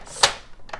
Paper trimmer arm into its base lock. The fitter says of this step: can you hear the click in and I like that